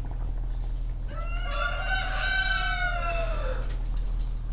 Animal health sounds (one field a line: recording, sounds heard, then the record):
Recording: poultry house recording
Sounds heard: sick chickens (respiratory disease)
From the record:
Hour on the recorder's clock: 17